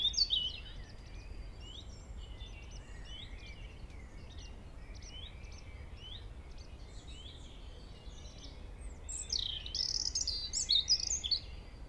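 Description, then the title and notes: European robin song, a long run of faint, thin, high warbled notes and trills, growing louder and brighter near the end, over a steady low background rumble. Early evening, top of a valley in Trégastel, France, April 2019; single robin singing; recorded with ORTF stereo microphone pair, MixPre-D and Zoom H5 recorder. "Vallée des Traouiero, Trégastel, France - Robin Redbreast on the top of the valley [Valley Traouïero]. yponomeutaneko"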